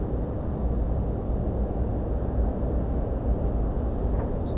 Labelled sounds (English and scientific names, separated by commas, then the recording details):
Ortolan Bunting (Emberiza hortulana)
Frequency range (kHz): Ortolan Bunting (Emberiza hortulana) 3.0-5.7 kHz
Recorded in France